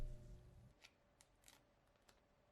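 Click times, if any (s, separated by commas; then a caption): none. The protective plastic strip is peeled off a remanufactured HP 64XL generic ink cartridge before it goes into the printer caddy of an HP ENVY 7858 (6200/7100/7800 series). A low rumble fades out in the first 0.7 seconds, followed by faint light handling ticks around 0.9, 1.2, 1.5 and 2.1 seconds. Nothing has seated or clicked yet.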